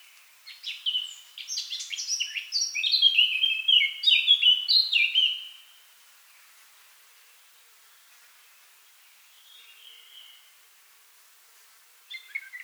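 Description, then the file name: Eurasian blackcap song: a busy, scratchy warble swelling into clear, loud fluted phrases, followed by near silence and a few brief notes. "Sylvia atricapilla"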